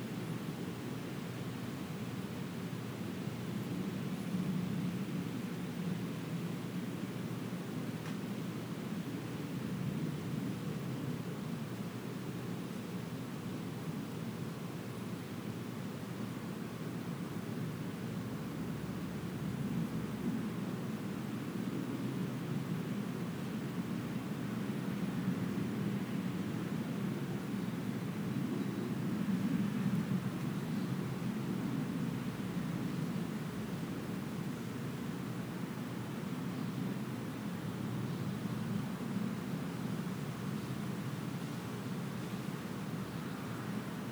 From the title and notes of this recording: Wind in the trees. A warm windy day with occasional gusts happening every five to ten minutes.